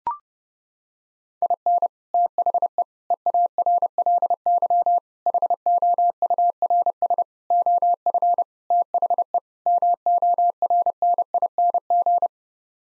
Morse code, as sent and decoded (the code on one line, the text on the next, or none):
.. -. / - .... . / . .- .-. .-.. -.-- / .... --- ..- .-. ... / --- ..-. / - .... . / -- --- .-. -. .. -. --.
IN THE EARLY HOURS OF THE MORNING